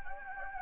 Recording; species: mosquito wingbeat signal from an infrared sensor; Anopheles gambiae